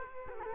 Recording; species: mosquito wingbeat signal from an infrared sensor; Culex quinquefasciatus